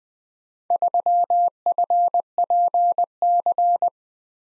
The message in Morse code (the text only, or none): 3FPC